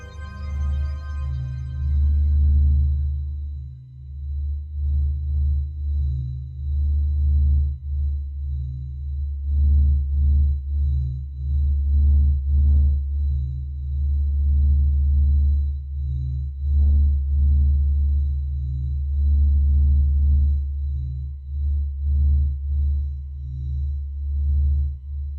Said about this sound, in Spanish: El ser humano ha desarrollado la tecnología para capturar y poder escuchar esas ondas de radio. A continuación, os dejamos unos ejemplos de los sonidos del espacio. El primero de ellos es el sonido del sol.